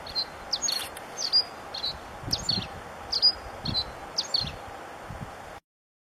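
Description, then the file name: Patagonian sierra finch singing a series of short, high chirping notes at irregular intervals, over steady background hiss and occasional low thumps. "Canto do comesebo patagonico"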